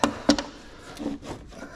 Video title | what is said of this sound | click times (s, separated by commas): Sung Kang's Z31 Shiro Restoration - Part 2 - Motor Pulling! | There, you just heard the click. | 0.0 s